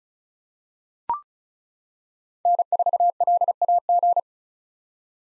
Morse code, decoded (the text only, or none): N4LAG